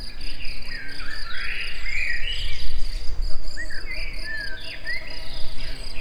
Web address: allathangok termeszetben rovarok hangosabb tobbhalk hangoskornyezet egerturistahaz